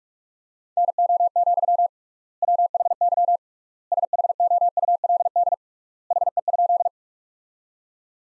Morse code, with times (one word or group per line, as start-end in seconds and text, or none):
0.8-1.9 NO,
2.4-3.4 WHY
3.9-5.5 SHOULD
6.1-6.9 HE?